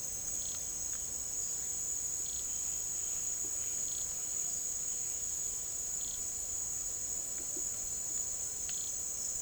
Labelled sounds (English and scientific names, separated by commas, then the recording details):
none
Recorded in secondary vegetation near Puerto Asís, Putumayo, Colombia, on 12 March 2025 at 17:30
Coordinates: 0.488, -76.319
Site G095